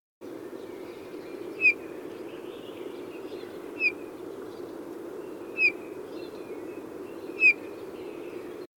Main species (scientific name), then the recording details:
Pyrrhula pyrrhula. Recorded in captivity. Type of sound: call. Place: Kuchelmiß, Mecklenburg-Vorpommern, DE. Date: 1980-05-18. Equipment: Nagra III BH, Sennheiser MD 21, parabola. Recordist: Schubert, Michael. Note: Lockrufe Gimpel z. T. viel Wind, Baumrauschen (Gefangenschaftsvogel)